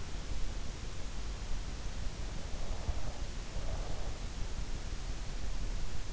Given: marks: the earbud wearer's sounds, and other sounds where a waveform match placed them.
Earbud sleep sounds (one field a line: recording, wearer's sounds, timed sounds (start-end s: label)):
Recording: sounds in sleep by an in-ear microphone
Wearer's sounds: breath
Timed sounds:
2.33-4.23 s: breath